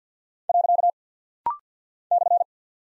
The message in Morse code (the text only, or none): . /